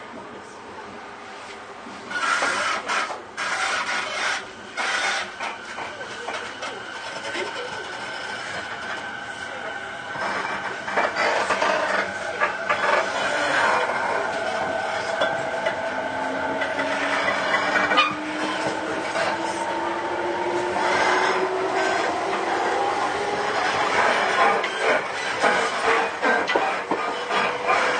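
Onboard a JR 209 series train on the Sobu Main Line, running between Higashi-Chiba and Sakura. A steady rumble carries throughout, with bursts of clatter from about two seconds on. From around fifteen seconds a rising motor whine climbs as the train gathers speed.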